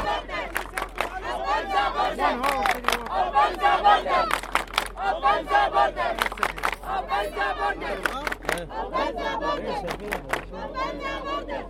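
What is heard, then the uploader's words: Refugees protesting at the Greek-Macedonian border shout and chant in a dense, steady outdoor crowd, with raised voices overlapping continuously and sharp bursts throughout. IDOMENI refugee camp, Greece. Protest held by refugees to demand the opening of the Greek-Macedonian border. Field-recordings: Stéphane Charpentier.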